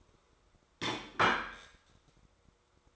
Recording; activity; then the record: daily activity, microphone in the room; place plate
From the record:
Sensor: 3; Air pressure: 1004.3 hPa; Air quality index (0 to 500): 196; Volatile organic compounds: 14 ppm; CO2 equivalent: 2455 ppm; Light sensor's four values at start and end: 5/12/4/4 and 5/11/4/4